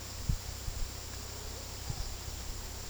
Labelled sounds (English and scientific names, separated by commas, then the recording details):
none
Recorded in pastures near Puerto Asís, Putumayo, Colombia, on 19 February 2024 at 16:00
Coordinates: 0.486, -76.323
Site G6462